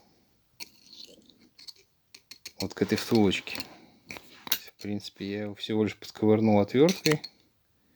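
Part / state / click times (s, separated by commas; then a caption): brake pawl in a winch brake ratchet / not seated / none. Someone handles the sticking brake pawl in the brake ratchet of a GP9274 winch, nudging it with a screwdriver, and small metallic clicks are heard while someone talks. The pawl has not dropped into the ratchet teeth yet; nothing has seated or clicked into place by the end of the clip.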